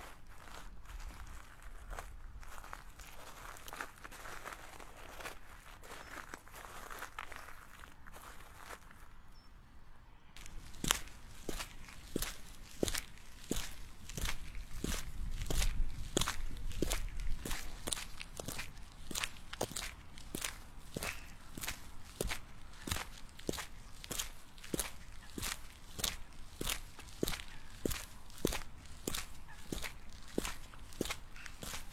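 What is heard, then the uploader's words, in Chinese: Footsteps of high heels walking outdoors, sharp regular clicks starting around ten seconds after a quieter stretch of low rumble and murmur. 户外徒步｜高跟鞋｜走路音 ｜脚步声。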